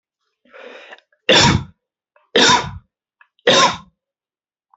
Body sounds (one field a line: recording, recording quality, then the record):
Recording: heavy voluntary cough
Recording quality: excellent, no background noise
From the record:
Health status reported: healthy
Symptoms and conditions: none ticked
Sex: male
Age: 25 years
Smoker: not ticked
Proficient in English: yes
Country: India